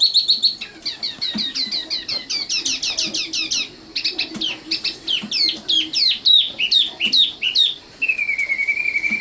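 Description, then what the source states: Oriental magpie-robin song: dense chattering phrases of quick looping notes, varied and rapid, ending with a long steady whistle. Kacer song.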